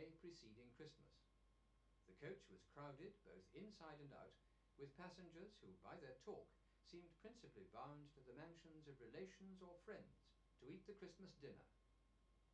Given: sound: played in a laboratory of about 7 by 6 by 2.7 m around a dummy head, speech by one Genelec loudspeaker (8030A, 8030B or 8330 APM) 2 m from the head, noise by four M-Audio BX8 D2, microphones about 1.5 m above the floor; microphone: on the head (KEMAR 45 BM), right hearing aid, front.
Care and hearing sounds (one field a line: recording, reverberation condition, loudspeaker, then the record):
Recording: male speech in English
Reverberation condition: low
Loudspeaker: 90 degrees to the left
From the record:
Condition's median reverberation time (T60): about 310 ms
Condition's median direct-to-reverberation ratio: about 3.5 dB